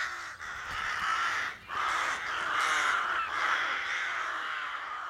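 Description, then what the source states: Rooks cawing raucously, harsh overlapping caws running almost continuously throughout. Rookery on the main street of Belcoo, County Fermanagh, during nest building; raucous caws given whenever the recordist moved or a car passed, with bowing and fan-shaped tail display.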